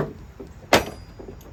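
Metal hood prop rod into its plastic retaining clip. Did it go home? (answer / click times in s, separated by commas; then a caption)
no / none. On a 2023-2026 Ford Escape 1.5T, the metal hood prop rod is removed and handled toward its plastic retaining clip. A loud, sharp broadband knock of the rod is heard at about 0.7 s, followed by a faint high tick near 1.4 s. Nothing has seated or clicked into the holder yet.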